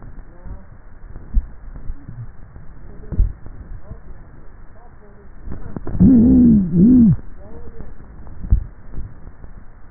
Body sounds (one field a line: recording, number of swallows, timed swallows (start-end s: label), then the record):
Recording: swallowing sounds by neck microphone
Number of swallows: 3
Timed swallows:
1.18-2.05 s: swallow
2.88-3.92 s: swallow
8.25-9.08 s: swallow
From the record:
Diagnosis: dysphagia